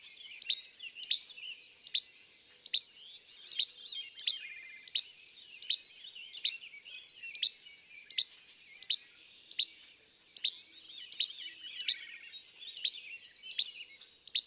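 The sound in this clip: Least flycatcher giving sharp two-part che-bek notes, repeated steadily more than once a second, with faint twittering of other birds behind.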